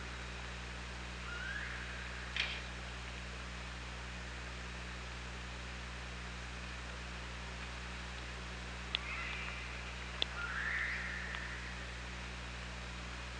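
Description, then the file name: Killer whale calls: two rising, slightly wavering tonal calls, one early and one near the end, over steady low hum and hiss, with a few sharp clicks between. Hydrophone recording made 24 August 2017, early morning around 07:58. "Orca Lab"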